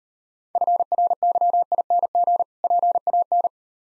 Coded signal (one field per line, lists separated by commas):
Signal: Morse code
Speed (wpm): 38 wpm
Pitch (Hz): 700 Hz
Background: none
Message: FRYING PAN